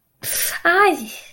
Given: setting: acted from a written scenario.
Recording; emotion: vocal sound without words; pain